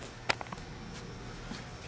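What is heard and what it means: A blue and black wiring connector is slid into its holder on the engine intake of a B6-B7 S4 / C5 allroad-A6 40v V8 during a JHM intake spacer installation. A sharp snap at 0.3 s is followed by two fainter ticks at 0.4 and 0.5 s over low background noise. The connector seats and pops into place once it is all the way in.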